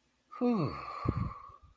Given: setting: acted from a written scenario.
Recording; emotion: vocal sound without words; contentment